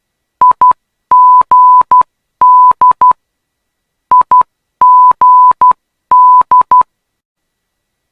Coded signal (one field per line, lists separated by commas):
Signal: Morse code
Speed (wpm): 12 wpm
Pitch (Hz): 1000 Hz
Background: none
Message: IGD IGD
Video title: Perth ILS-Y or LOC-Y RWY 21 - Morse Code Idents to Relax/Study to